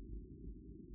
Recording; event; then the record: neck accelerometer signal played as sound; no cough (speech, laughter, throat clearing or background)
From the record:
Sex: male